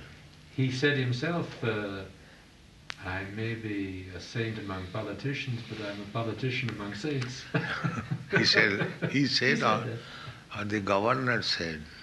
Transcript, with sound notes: But he said himself, "I may be a saint among politicians, but I'm a politician among saints." [laughs]
He said or the governor said?